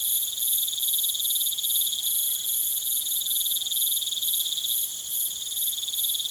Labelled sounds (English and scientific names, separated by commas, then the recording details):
none
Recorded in pastures near Puerto Asís, Putumayo, Colombia, on 22 June 2025 at 20:00
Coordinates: 0.486, -76.323
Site H29